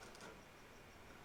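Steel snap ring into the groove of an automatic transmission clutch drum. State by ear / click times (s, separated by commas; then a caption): not seated / none. A steel snap ring is pushed by hand toward its groove on the K1 clutch drum of a Mercedes 722.3 automatic transmission, with the clutch pack held compressed in a makeshift setup. A steady broadband handling noise plays throughout, with a brief brighter, slightly louder scrape in the first 0.3 seconds. Nothing has seated or clicked yet.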